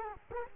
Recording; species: mosquito wingbeat signal from an infrared sensor; Culex quinquefasciatus